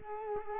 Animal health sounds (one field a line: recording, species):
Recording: mosquito wingbeat signal from an infrared sensor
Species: Culex quinquefasciatus